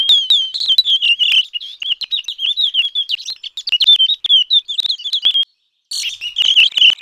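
Bird song, a string of quick, high chirping and warbled notes, briefly pausing near the end before a final burst of chirps.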